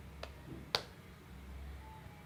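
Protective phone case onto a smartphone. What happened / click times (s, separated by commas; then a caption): Phone case snaps onto phone / 0.8 s. A Speck Presidio Grip hybrid case of TPU and polycarbonate is pressed onto an iPhone XS/XS Max around the buttons. A faint tick at 0.2 s is followed by a sharp, bright snap at 0.8 s as the case seats into place, over a low steady hum.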